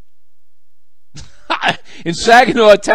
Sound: laughing